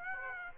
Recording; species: mosquito wingbeat signal from an infrared sensor; Aedes aegypti